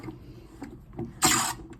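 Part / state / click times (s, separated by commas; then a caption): threaded fitting into pond bottom drain / not seated / none. Someone tries to screw a threaded fitting into a Spindrifter koi pond bottom drain, but the threads will not catch even though none are broken. Only handling and rattling knocks are heard: a soft knock at about 1.0 s and a louder, hissy scrape from about 1.2 to 1.5 s. Nothing has seated or clicked yet.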